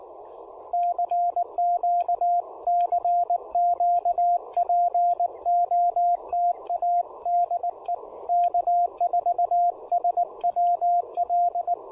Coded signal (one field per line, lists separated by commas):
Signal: Morse code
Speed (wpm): 20 wpm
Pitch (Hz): 700 Hz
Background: radio noise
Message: CQ CQ POTA DE K4SWL